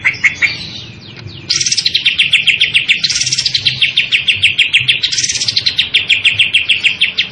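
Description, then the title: Greater green leafbird song, a fast steady series of bright repeated notes with higher sweeping notes rising and falling above at intervals. Described as gacor, meaning the bird sings vigorously and continuously. "Cucak Ijo Gacor"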